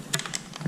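The spring-loaded collar on the quick-release coupling of an AR383SS Blue Clean pressure washer wand is squeezed, and the metal spray nozzle tip is ejected. A sharp click sounds at 0.1 s, followed by several quieter ticks and rattles through the rest of the clip. The tip is released from the coupling.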